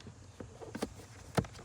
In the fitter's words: and this just clicks into place make sure it is snug